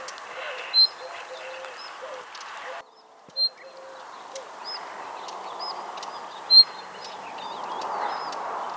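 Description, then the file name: Common nightingale calls: three short, clear high whistled notes spaced a few seconds apart, over a busy chorus of other birds' chirps and a steady background hiss. "Luscinia megarhynchos"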